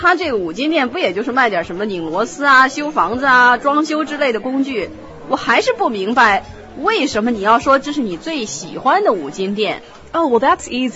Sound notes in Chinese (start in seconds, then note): none